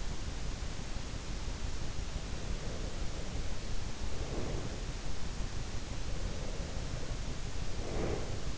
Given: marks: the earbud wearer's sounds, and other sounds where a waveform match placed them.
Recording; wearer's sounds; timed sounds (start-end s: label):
sounds in sleep by an in-ear microphone; breath
2.20-4.84 s: breath
6.05-8.58 s: breath